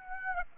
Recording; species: mosquito wingbeat signal from an infrared sensor; Aedes aegypti